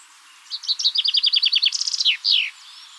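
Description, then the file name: Common chaffinch song phrase: a trill of falling notes, a few high notes, a downward flourish, then one extra short slurred note. "Fringilla coelebs"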